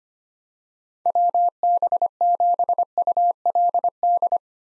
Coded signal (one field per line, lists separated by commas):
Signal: Morse code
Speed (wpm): 25 wpm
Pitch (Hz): 700 Hz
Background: none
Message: WB7ULD